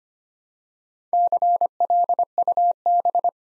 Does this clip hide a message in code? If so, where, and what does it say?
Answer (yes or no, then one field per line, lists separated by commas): yes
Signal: Morse code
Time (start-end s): 1.1-3.3 s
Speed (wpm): 25 wpm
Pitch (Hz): 700 Hz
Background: none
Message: CLUB